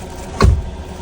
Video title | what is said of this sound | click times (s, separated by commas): Ranger XLT 2026 Full Demo | At yan, nakalock na yan. | 0.4 s